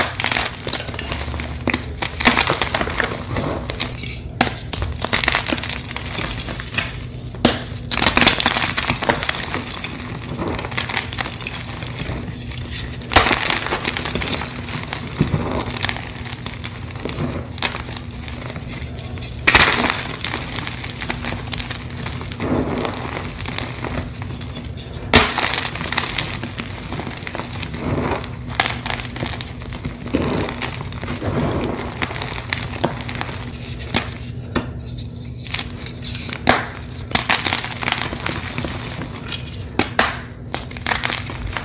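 Gym chalk blocks being crushed, one crumbly crunch after another with no pauses across the whole stretch. The crackling is dense and uneven, with sharper, louder bursts around 8, 19 and 25 seconds. A steady low hum sits underneath throughout.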